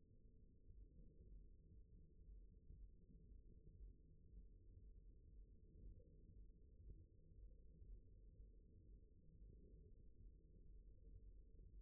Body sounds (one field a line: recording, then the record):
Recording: forearm muscle sounds (acoustic myography)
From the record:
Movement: rest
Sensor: system 1, eight BSWA MPA416 microphones around the upper forearm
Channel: 4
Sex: male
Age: 23 years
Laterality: right